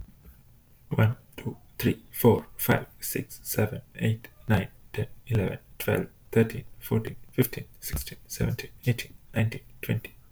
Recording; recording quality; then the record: counting at a normal pace; excellent, no background noise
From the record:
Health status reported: healthy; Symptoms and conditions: none ticked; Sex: male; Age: 25 years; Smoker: not ticked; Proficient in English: yes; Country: United States